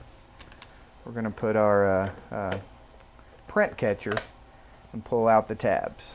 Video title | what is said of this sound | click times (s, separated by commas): Loading the DNP DSRX1 Photo Printer | locks into place | 0.5 s, 0.6 s